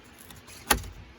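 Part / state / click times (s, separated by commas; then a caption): metal retaining clip in under-dash trim panel / released / 0.7 s. Pushing on the metal tab of a metal retaining clip in an under-dash trim panel of a Mercedes C32 AMG W203 releases it, and the clip pops out of the panel with a sharp snap at 0.7 s. Two faint ticks come before it at about 0.2 s and 0.3 s.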